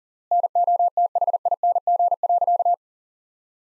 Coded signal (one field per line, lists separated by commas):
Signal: Morse code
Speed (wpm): 40 wpm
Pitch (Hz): 700 Hz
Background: none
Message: NOTHING.